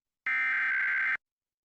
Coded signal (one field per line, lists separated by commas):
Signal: Emergency Alert System (SAME) tones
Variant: header bursts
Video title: Arizona Required Monthly Test (EAS #734-736) 8/9/23